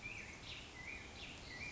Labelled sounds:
Black-headed Grosbeak (Pheucticus melanocephalus)
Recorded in Sonoma County, California

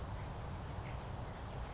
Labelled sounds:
California Towhee (Melozone crissalis)
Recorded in Sonoma County, California

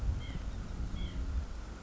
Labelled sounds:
White-breasted Nuthatch (Sitta carolinensis)
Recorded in Sonoma County, California

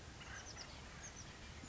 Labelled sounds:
Oak Titmouse (Baeolophus inornatus)
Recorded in Sonoma County, California

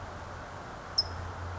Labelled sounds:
California Towhee (Melozone crissalis)
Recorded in Sonoma County, California

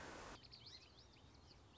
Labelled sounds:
Song Sparrow (Melospiza melodia)
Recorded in Sonoma County, California

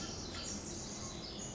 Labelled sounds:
Pacific Wren (Troglodytes pacificus)
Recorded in Sonoma County, California

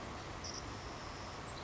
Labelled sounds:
Savannah Sparrow (Passerculus sandwichensis)
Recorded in Sonoma County, California

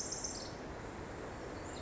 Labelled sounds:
Pacific Wren (Troglodytes pacificus)
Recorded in Sonoma County, California

